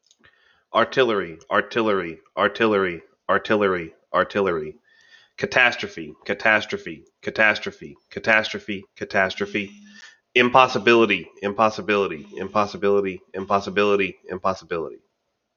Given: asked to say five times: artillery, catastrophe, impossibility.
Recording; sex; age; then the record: three words, each repeated; male; 30 to 39 years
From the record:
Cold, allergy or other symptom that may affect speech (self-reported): no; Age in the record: 34 years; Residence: United States